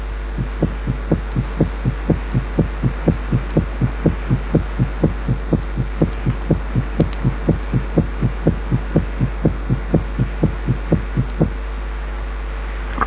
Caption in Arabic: لكن لما يكون في تاكيكارديا الهارت بيتس بيكونوا جنب بعض، والمسافات بين الفيرست والسكند ساوند. بتبقى مقاربة للمسافات بين السكند ساوند والفيرست بتاع البيت اللي بعديه. الهارت ساوند على سرعة 120. في الحالة دي يبقى من الصعب شوية ان الواحد يتعرف على السيسلي من الداسلي عن طريق المسافات فقط.